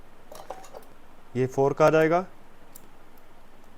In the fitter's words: ये इस तरह से लॉक हो जाता है